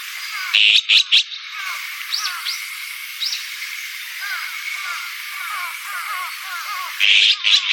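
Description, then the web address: Azure-winged magpie rasps, a cluster of three harsh bursts at the start and another at the end, with fainter thin chirps between. "sikioto. onaga"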